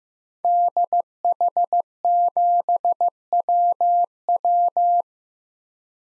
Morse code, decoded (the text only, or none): DH7WW